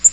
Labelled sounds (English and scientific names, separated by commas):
Black-throated Green Warbler (Setophaga virens) flight call